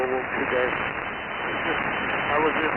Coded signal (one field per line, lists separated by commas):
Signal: Morse code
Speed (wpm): 32 wpm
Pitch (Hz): 3000 Hz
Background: speech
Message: K1KI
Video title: 160 Meter Old Friends AM Net 8PM 1/26/24